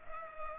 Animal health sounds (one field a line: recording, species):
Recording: mosquito wingbeat signal from an infrared sensor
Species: Culex pipiens